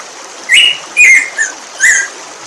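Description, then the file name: Black-throated grosbeak call: four clear whistled notes, a rising whistle, a longer falling slur, a short lower note, then another whistle. "bico de pimenta"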